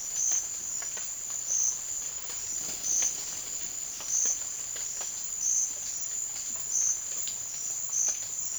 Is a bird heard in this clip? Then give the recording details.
no. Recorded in dense forest near Puerto Asís, Putumayo, Colombia, on 9 March 2025 at 13:00. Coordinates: 0.481, -76.323. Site G088